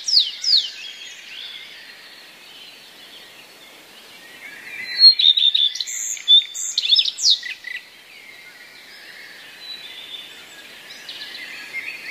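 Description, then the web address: Common redstart song, a rapid jumble of chirpy, twittering notes with a louder burst of varied phrases in the middle, then quieter chatter. Song containing borrowings of sparrow sounds, mimicry taken from other songbirds. "wroblowe zapozyczenia pleszka"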